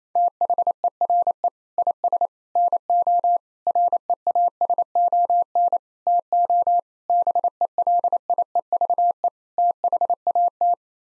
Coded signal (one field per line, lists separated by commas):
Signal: Morse code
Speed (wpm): 28 wpm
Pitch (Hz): 700 Hz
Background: none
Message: THERE IS NO REASON TO BELIEVE THAT